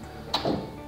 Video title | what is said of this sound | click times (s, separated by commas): Sole F80 vs ProForm Pro 2000 Treadmill Comparison | locks into place too so | 0.3 s